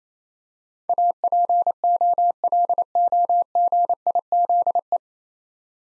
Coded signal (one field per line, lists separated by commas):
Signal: Morse code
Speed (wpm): 28 wpm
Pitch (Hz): 700 Hz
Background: none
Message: APOLOGIZE